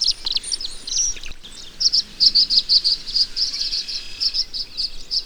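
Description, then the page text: Tree swallow calls: a steady run of high, liquid chirps given in quick succession after a few scratchy notes at the start. "Tree Swallow. Audio 2 (M. Oberle)"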